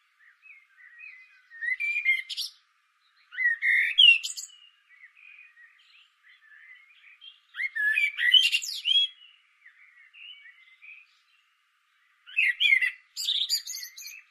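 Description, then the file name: Common blackbird song in four separate bursts, mellow warbling notes broken by high, thin, scratchy twitters, with short pauses between phrases. "Turdus merula"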